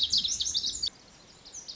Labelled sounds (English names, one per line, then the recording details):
Lazuli Bunting
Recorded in Sonoma County, California